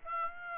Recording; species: mosquito wingbeat signal from an infrared sensor; Aedes aegypti